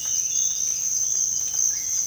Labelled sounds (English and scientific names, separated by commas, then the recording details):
none
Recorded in dense forest near Puerto Asís, Putumayo, Colombia, on 21 December 2024 at 06:00
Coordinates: 0.484, -76.325
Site G056